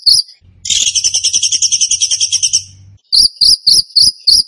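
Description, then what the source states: Bird song: a dense, buzzy trill of about two seconds followed by several quick, separate high chirps, with a faint low hum behind. Bird song in the tembakan gacor style, used as masteran (training for other birds).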